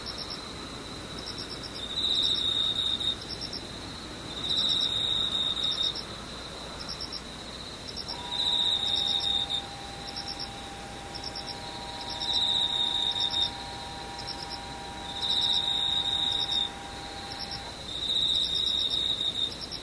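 Insects chirr in bursts of high, buzzing trills, each about a second long, coming roughly every three seconds in a steady rhythm. Beneath them runs a constant low hiss, and from about 8 to 17.5 seconds a faint steady drone of two low tones joins in.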